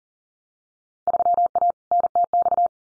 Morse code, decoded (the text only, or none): 3A NTX